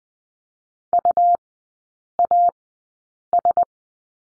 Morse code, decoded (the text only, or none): UAS